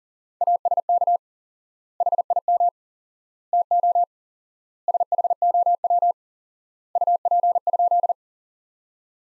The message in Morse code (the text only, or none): ASK HIM TO SHOW UP?